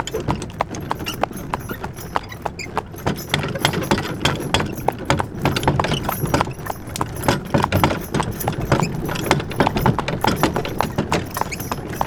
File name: Horse Wagon With Lots Of Wooden Metal Rattle